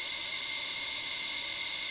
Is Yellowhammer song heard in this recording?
no